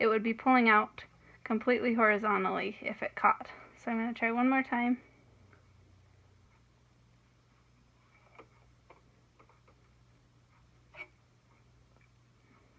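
Someone talks for the first five seconds, then faint light ticks and taps follow around 8.4–9.5 s and near 11.0 s as thread is pushed back into the small tooth of the automatic needle threader hook on a Singer Professional 5 sewing machine, on a second try. The thread fails to catch in the hook and the attempt is missed, so nothing has seated or clicked yet.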